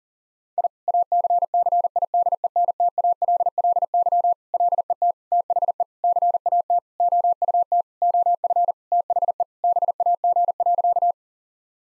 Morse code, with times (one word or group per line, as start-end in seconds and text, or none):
0.6-0.7 I
0.9-4.3 ACCIDENTALLY
4.5-5.1 LET
5.3-5.8 THE
6.0-6.8 CAT
7.0-7.8 OUT
8.0-8.7 OF
8.9-9.4 THE
9.6-11.1 BAG.